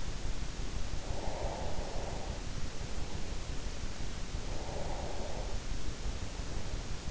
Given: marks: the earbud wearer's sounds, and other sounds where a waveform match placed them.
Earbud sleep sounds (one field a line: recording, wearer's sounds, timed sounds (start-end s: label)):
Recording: sounds in sleep by an in-ear microphone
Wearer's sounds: breath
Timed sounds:
1.01-3.45 s: breath
4.24-6.94 s: breath